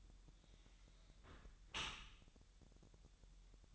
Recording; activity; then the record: daily activity, microphone in the room; close dishwasher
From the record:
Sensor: 3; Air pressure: 1000.5 hPa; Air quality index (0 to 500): 247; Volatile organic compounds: 171 ppm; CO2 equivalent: 4109 ppm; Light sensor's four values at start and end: 11/25/10/10 and 11/25/10/10